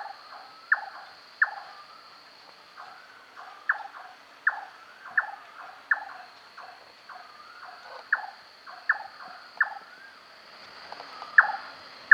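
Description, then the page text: Large-tailed nightjar calling: sharp, knocking chonk notes repeated at uneven intervals, a little faster than once a second, with a few soft rising whistles between them and a steady high drone behind. "Large Tailed Nightjar Calls. Quick Sounds"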